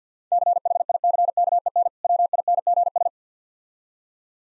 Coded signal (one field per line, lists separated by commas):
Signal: Morse code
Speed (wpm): 50 wpm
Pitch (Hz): 700 Hz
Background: none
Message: CHICKEN WINGS